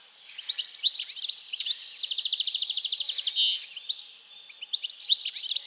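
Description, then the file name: European goldfinch song with twittering notes around a steady, rapid buzzy trill lasting over a second, then more high chirps. "Carduelis carduelis"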